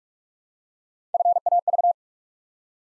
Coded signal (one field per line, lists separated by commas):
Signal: Morse code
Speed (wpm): 44 wpm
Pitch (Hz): 700 Hz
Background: none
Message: FAV